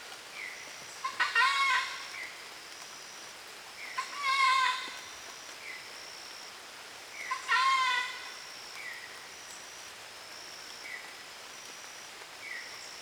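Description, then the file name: Bird calls: three loud, rattling bursts spaced a few seconds apart, with short chirps between them and faint, thin high whistled notes in the background. "oiseaux"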